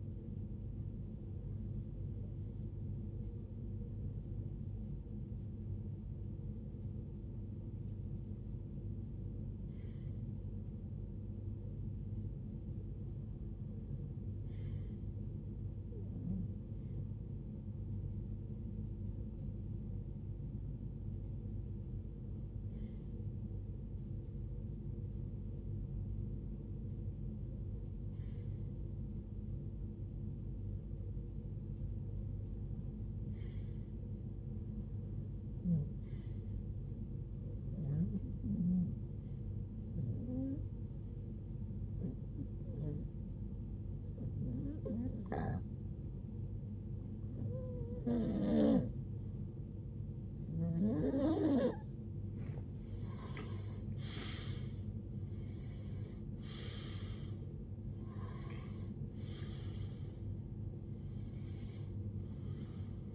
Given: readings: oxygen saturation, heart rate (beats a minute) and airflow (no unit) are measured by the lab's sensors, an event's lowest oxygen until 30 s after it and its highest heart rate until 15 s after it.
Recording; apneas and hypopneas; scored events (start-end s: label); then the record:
breathing in sleep by a smartphone at the bedside; 1
12.00-24.10 s: hypopnea (REM, oxygen 96% highest, then 90% lowest, heart rate 78 at the start, 81 highest)
From the record:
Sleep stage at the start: REM sleep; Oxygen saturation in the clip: 90 to 96%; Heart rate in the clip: 71 to 85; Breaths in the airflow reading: 19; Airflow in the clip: -18.3 to 14.9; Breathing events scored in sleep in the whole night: 389 in 6.3 hours asleep